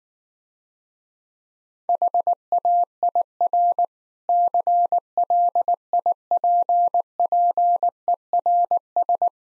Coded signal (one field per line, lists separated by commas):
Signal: Morse code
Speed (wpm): 19 wpm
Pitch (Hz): 700 Hz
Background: none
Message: HAIR CLIPPERS